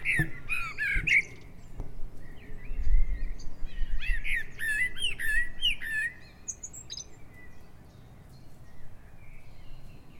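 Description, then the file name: Common blackbird singing a run of warbled, fluty phrases with thin high twittering ends for about six seconds, then quieter fragments and a brief high note. "Turdus merula"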